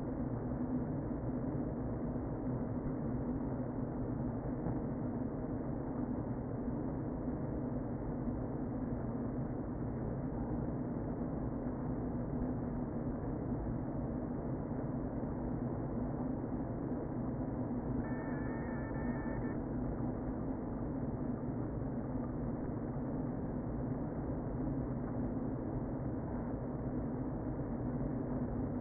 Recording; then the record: honeybee colony, microphone inside the hive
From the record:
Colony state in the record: queen present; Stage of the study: before two queens were removed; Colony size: about 60,000 bees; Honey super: yes